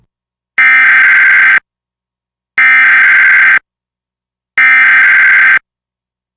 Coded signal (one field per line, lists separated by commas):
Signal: Emergency Alert System (SAME) tones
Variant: header bursts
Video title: EAS #750: EAS Required Monthly Test- Mar. 8, 2023- 10:50AM PST